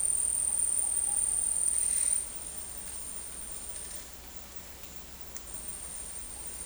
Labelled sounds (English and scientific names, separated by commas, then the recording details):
Ruddy Pigeon (Patagioenas subvinacea)
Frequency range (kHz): Ruddy Pigeon (Patagioenas subvinacea) 0.4-1.2 kHz
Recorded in dense forest near Puerto Asís, Putumayo, Colombia, on 21 February 2024 at 10:30
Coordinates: 0.484, -76.317
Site G6464